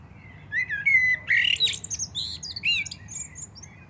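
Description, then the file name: Common blackbird singing a fluted, slightly warbling phrase that breaks into a rapid tumble of high, scratchy twittering notes, lasting about three seconds. "Turdus merula"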